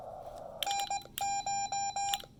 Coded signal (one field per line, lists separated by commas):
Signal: Morse code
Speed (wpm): 19 wpm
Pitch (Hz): 810 Hz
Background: none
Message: NCH